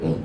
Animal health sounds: contact call of a hoofed animal; pig; closed-mouth grunt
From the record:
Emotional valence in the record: negative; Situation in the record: short social isolation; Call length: 0.25 s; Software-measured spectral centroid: 1140 Hz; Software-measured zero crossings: 700 a second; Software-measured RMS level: -24 dBFS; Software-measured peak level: -13 dBFS

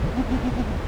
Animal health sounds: contact call of a hoofed animal; goat; low-frequency (closed-mouth) or high-frequency (open-mouth) call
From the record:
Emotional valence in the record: negative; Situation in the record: short social isolation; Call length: 0.88 s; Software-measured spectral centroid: 1570 Hz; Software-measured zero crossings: 880 a second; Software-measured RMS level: -24 dBFS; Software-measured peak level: -12 dBFS

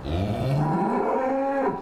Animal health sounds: contact call of a hoofed animal; cattle; low-frequency (closed-mouth) or high-frequency (open-mouth) call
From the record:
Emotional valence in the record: negative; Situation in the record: full separation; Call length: 1.82 s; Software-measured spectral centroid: 1160 Hz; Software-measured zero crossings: 1100 a second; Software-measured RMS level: -24 dBFS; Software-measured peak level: -13 dBFS

